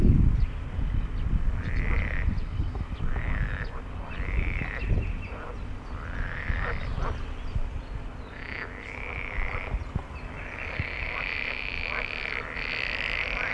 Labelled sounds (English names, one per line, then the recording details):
Pool Frog call
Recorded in the wild
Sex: male
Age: adult
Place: Ahrensfelde, OT Blumberg, Barnim, Brandenburg, DE
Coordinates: 52.6039, 13.6258
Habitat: park
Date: 1972-05-09 14:30
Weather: Wassertemperatur: 20-23°C; Luft: 26°C
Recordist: Günther, Rainer
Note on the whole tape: Blumberger Park: Rufe, z.T. gut